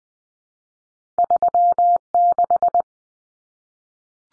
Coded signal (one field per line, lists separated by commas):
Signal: Morse code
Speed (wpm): 19 wpm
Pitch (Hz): 700 Hz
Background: none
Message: 36